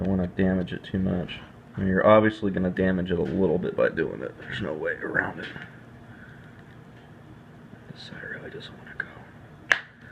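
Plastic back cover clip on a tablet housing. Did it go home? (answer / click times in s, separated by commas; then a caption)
released / 9.7 s. Someone talks while prying at a stubborn plastic back cover clip on a Kindle Fire tablet housing, trying not to damage it. After a quieter tick at 9.0 s, the clip finally releases with a loud, sharp snap at 9.7 s, and the cover on that side pops open.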